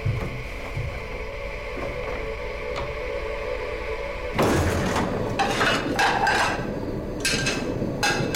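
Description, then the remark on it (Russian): Dishes clink and clatter as they are loaded into a dishwasher, a burst of sharp, uneven knocks and rattles that follows several seconds of steady low hum with occasional faint ticks. “Рик загружает посуду в посудомоечную машину.”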